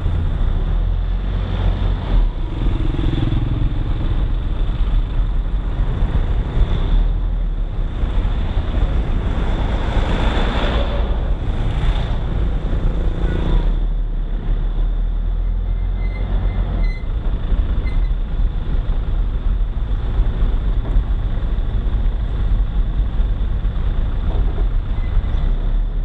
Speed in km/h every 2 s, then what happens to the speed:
12, 10, 10, 9, 9, 9, 10, 12, 12, 10, 9, 8, 8.
0-26 steady at about 10.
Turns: 18-23.